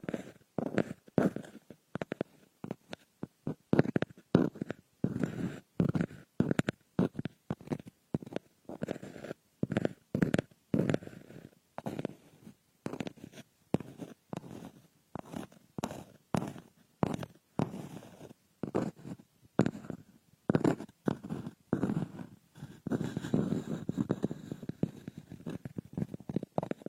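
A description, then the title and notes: Frosted bath ball ear picking: a constant run of short, crackly scratching and rubbing bursts, packed closely together for the whole 27 seconds. The sounds are mostly low and muffled, with brief silent gaps between strokes and a denser, busier stretch near the end. Frosted Bath Ball Ear Picking Experience.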